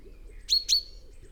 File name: Fringilla coelebs